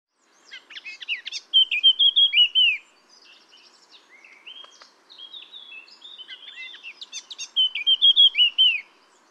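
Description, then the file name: Eurasian blackcap song: scratchy twittering warbles building into a loud, clear fluting phrase, given twice. "Sylvia atricapilla"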